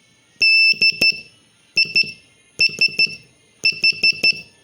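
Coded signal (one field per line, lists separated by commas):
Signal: Morse code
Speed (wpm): 13 wpm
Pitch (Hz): 2650 Hz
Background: none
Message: DISH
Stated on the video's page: Beginner Morse lesson practising the letters E, I, S, H, T, M, O, A, N, U and D in short words.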